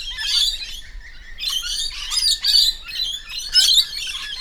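Lorikeet chatter of shrill, rasping squeaks and screeches in loose, irregular bursts from several birds.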